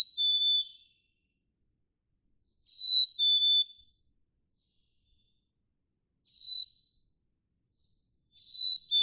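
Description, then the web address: Black-capped Chickadee whistling its two-note fee-bee song, a higher note followed by a lower one, repeated several times with pauses of a few seconds. "birdsongforthecurious songs Black-capped Chickadee"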